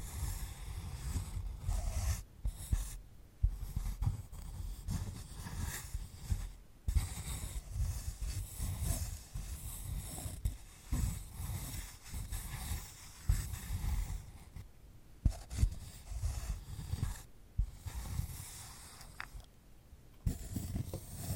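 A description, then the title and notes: A sunflower head is handled for ASMR, making constant rough rubbing and crackling over a heavy low rumble, with scratchy brightness on top. The handling pauses briefly, going almost silent, near 2, 3, 7, 15, 17 and 20 seconds before resuming. ASMR of a Sunflower Head (No Talking).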